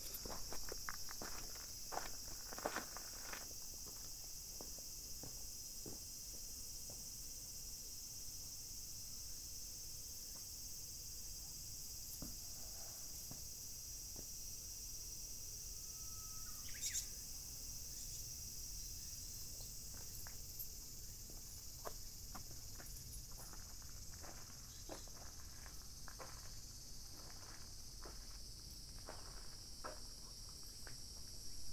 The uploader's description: field recordings I made in Kyoto Japan